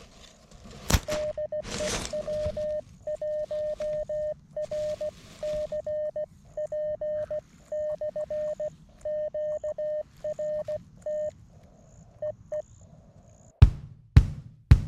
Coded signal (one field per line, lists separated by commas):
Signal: Morse code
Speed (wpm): 16 wpm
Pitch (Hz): 610 Hz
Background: none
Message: DE W1RCP / QRT EE